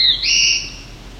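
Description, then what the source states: Black-throated blue warbler note: a short lower note stepping up into a sustained high tone that fades away. Singing bird in maple forest with canopy about 70–80 feet high, at the Lindsay Tract.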